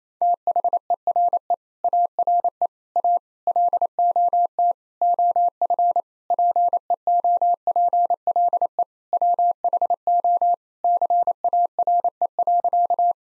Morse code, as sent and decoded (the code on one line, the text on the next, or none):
- .... . .-. . / .- .-. . / .- / .-.. --- - / --- ..-. / .--. . --- .--. .-.. . / .-- .... --- / -.-. .- .-. . .-.-.-
THERE ARE A LOT OF PEOPLE WHO CARE.